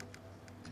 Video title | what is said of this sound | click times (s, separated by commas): Future Of 3D Printing? Bambu Lab X1-Carbon Printer Unboxing and Startup | here a little click right there and this is what I was talking about you can see the | 0.0 s, 0.1 s